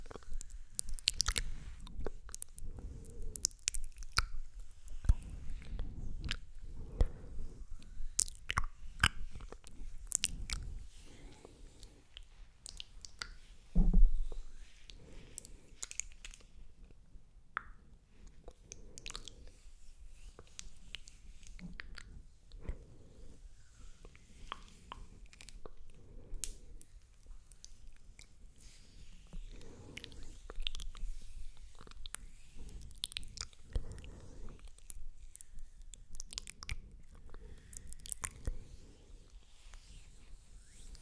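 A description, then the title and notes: Wet, slick oil-on-hands sounds and mouth sounds run through the whole stretch, a dense patter of soft squelches, smacks and clicks. Activity is busiest in the first fifteen seconds, with a sharp thud near fourteen seconds, then settles into a quieter, steady rubbing and smacking. MOUTH SOUNDS and OIL HAND SOUNDS ASMR.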